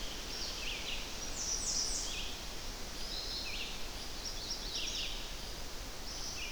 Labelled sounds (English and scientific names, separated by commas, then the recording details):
Red-eyed Vireo (Vireo olivaceus) song
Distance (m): 55 m
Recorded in boreal forest in Alberta, Canada, on 10 June 2016 at 06:57
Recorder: SongMeter 3, array SBT-3-39
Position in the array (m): 198 m, 125 m